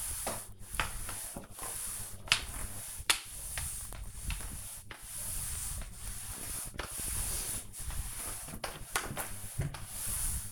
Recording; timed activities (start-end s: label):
household activities, microphone on the right wrist
0.00-10.52 s: floor cleaning